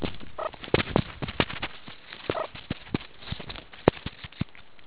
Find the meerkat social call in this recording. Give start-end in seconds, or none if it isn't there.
none